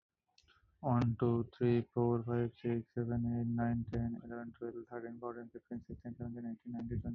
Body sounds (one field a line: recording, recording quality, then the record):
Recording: counting at a normal pace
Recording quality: excellent, no background noise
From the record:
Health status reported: healthy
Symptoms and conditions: hypertension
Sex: male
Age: 29 years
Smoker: not ticked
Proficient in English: yes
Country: India